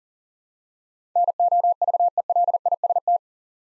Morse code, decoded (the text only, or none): NOVELIST